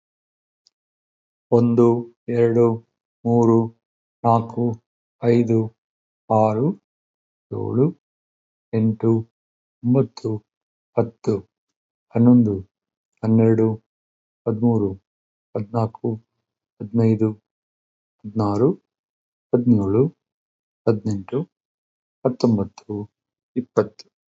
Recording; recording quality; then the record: counting at a normal pace; excellent, no background noise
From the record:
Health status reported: healthy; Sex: male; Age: 52 years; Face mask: not worn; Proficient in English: yes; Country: India